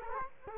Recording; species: mosquito wingbeat signal from an infrared sensor; Culex quinquefasciatus